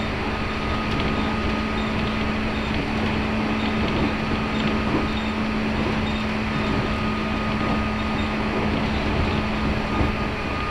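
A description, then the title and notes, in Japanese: A local train on the Chuo East Line runs between Nirasaki and Higashi-Yamanashi, giving a steady, dense rumble of wheels and running gear that never lets up. A low, constant hum and a fainter higher whine sit on top throughout, with no distinct events. 中央東線 普通 韮崎→東山梨。韮崎を出てもまだ下り続けて甲府盆地に入ります。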